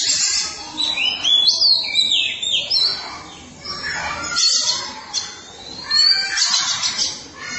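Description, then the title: Oriental magpie-robin song of busy high chirps, squeaky whistles and harsh notes, swelling and fading in bursts. Chirping song (kicauan) of the bird. "Suara Kicauan Burung Kacer"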